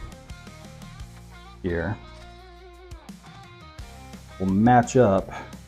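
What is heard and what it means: The strap of an auto-locking tourniquet is lined up with the two prongs on its buckle and pushed toward the lock while someone talks over background guitar music, with a few brief sharp ticks around 2.9, 3.1 and 3.8 seconds. The strap has not locked into place yet.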